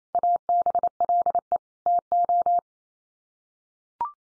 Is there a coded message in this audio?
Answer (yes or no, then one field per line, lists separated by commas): yes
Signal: Morse code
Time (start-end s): 0.1-2.6 s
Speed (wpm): 28 wpm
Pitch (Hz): 700 Hz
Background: none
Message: ABLE TO